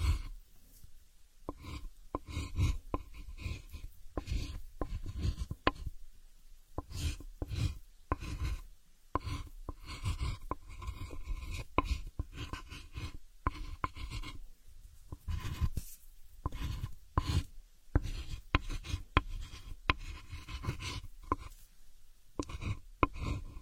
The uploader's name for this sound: Drawing planets on the blackboard, paper and pen drawing board